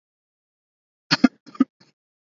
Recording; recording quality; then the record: shallow voluntary cough; moderate, slight background noise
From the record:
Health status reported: COVID-19 positive, mild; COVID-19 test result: positive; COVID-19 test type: RT-PCR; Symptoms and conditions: cough, sore throat, fever, fatigue, muscle pain, loss of smell and taste, asthma, hypertension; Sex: male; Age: 30 years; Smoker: yes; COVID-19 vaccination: both doses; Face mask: worn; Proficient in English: yes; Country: India